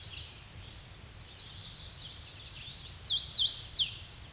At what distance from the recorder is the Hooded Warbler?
about 10 m